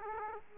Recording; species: mosquito wingbeat signal from an infrared sensor; Aedes aegypti